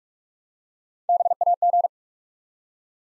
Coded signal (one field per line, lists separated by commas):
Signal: Morse code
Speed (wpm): 44 wpm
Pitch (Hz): 700 Hz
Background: none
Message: BAG